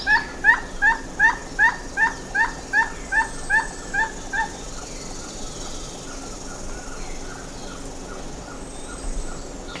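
Bird giving short sharp calls repeated about three times a second for four seconds, then falling silent, leaving faint background hiss.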